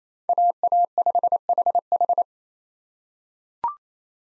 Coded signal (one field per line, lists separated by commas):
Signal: Morse code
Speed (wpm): 28 wpm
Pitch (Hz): 700 Hz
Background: none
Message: AA5HH